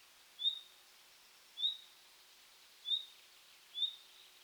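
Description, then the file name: Common nightingale calls: four short, high whistled notes, each followed by a faint tail, spaced about a second apart over a soft steady hiss. "Luscinia megarhynchos"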